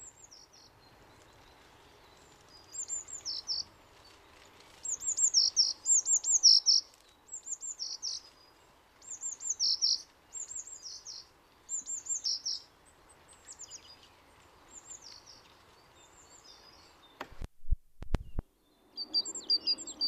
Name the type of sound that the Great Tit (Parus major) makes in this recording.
song